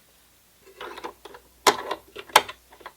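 A loaded metal bobbin case is pushed into the bobbin assembly of a sewing machine, with soft metallic rattling and handling sounds. Two sharp, loud snaps ring out at 1.7 s and 2.4 s as it seats firmly in place, because it snaps in when fitted correctly.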